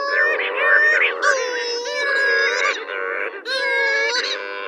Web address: Cape Verde Shearwater